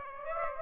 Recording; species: mosquito wingbeat signal from an infrared sensor; Aedes aegypti